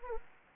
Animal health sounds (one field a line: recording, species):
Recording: mosquito wingbeat signal from an infrared sensor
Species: Anopheles arabiensis